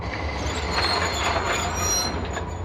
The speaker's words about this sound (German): Neben dem weißen Tuch halten Sie an, wenn Sie heil nach Hause kommen wollen. Ich bin ja nicht lebensmüde. Die Lok hält vor dem weißen Tuch mit einem Ruck an.